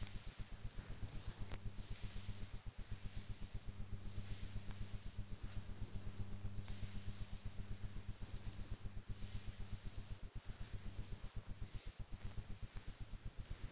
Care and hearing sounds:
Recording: household activities, microphone on the right wrist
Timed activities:
0.00-13.72 s: petting the dog

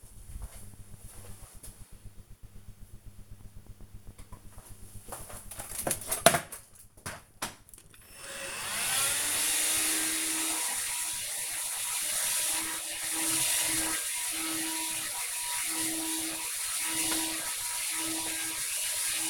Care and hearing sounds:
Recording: household activities, microphone on the right wrist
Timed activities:
3.87-19.30 s: vacuum cleaning

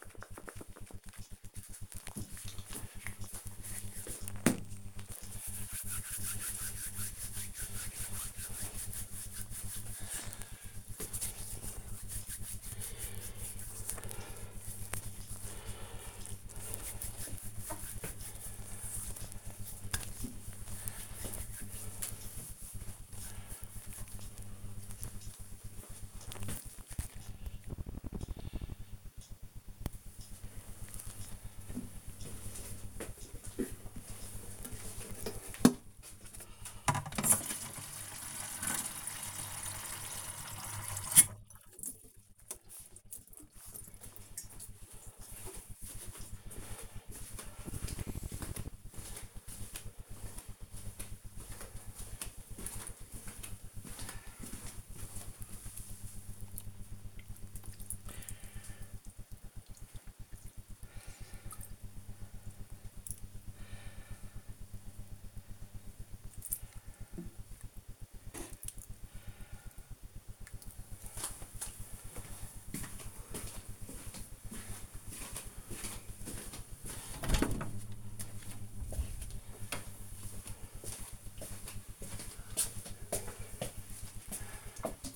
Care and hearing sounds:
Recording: household activities, microphone on the right wrist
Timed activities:
0.00-23.15 s: cream hands
35.21-85.16 s: watering plant

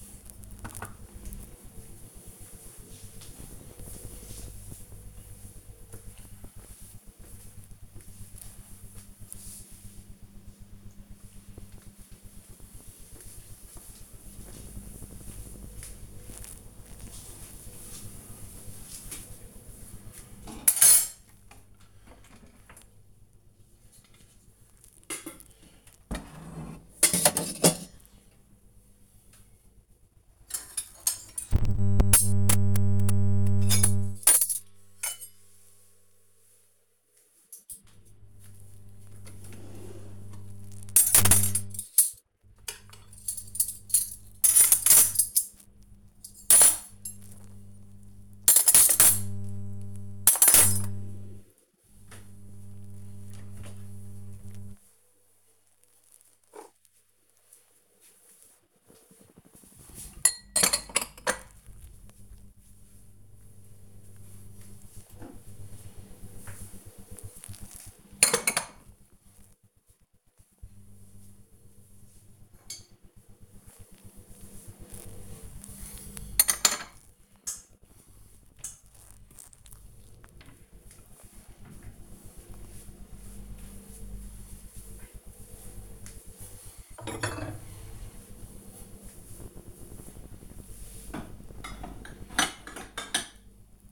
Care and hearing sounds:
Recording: household activities, microphone on the right wrist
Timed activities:
18.75-93.92 s: putting away the dishes

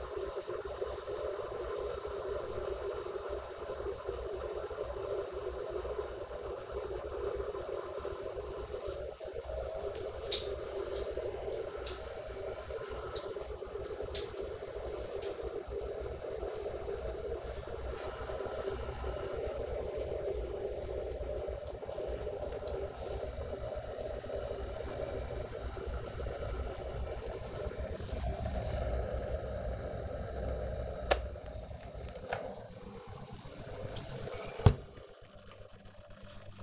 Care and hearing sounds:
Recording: household activities, microphone on the right wrist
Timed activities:
0.00-36.63 s: making tea

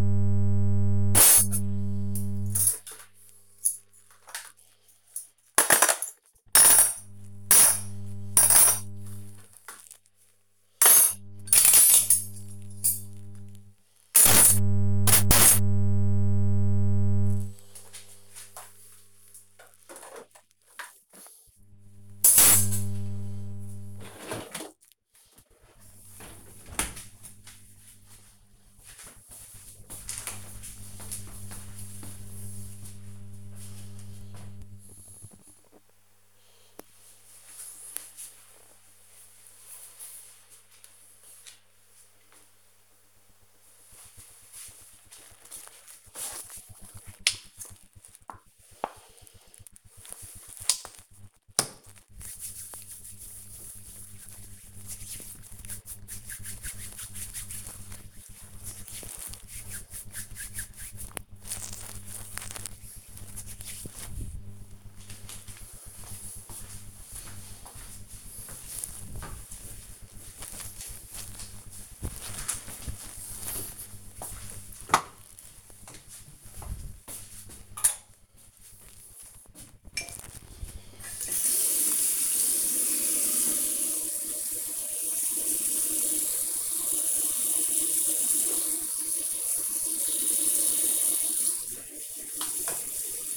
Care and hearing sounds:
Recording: household activities, microphone on the right wrist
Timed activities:
0.00-26.39 s: cleaning out the dishwasher
46.52-63.60 s: cream hands
79.67-93.37 s: brushing teeth

